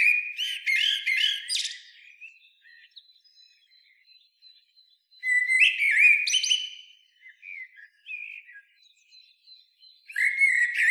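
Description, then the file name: Common blackbird song: a fluty phrase with shrill twitters at the start, a quiet stretch of thin high notes, another warbled phrase near six seconds, then a third begins. "Turdus merula"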